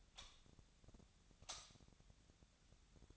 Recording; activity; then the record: daily activity, microphone in the room; light on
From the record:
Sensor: 3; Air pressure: 1009.8 hPa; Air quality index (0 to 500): 190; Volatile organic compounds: 14 ppm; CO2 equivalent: 2474 ppm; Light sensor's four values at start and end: 39/97/42/45 and 44/114/48/50